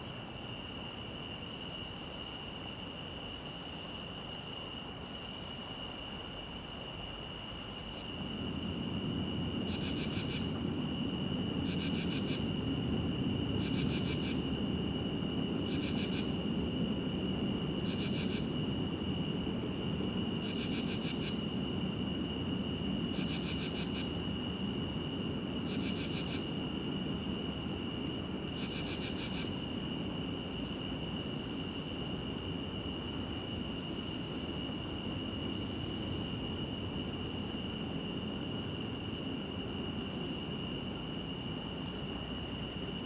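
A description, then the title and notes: Crickets and cicadas keep up a steady, piercing drone in two high, unbroken tones. Sharp, regularly spaced high chirps pulse between about 10 and 30 seconds and return near the end. From around 8 seconds a low, continuous rumble like a passing train joins underneath. Crickets and Cicadas.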